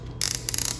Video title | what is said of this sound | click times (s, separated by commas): How To Use The Drill To Mix Glazes | clicking noise. That lets you know that it's on there tight. | 0.2 s, 0.3 s, 0.5 s, 0.6 s, 0.7 s